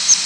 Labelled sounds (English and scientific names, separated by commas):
Palm Warbler (Setophaga palmarum) flight call